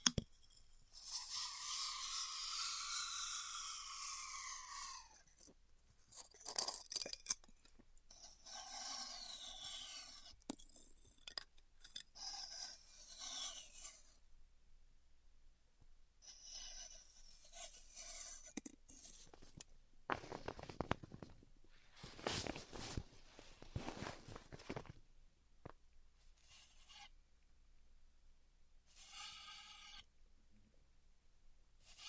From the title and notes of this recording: ASMR Styrofoam Heat Cutting (No Talking).